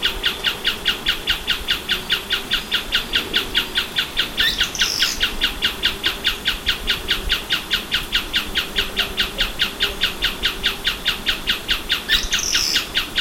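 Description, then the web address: Bird giving a rapid, even series of clipped descending chirps, roughly two per second, interrupted twice by a brief high squeal. "BIRD 2015 SABIOD"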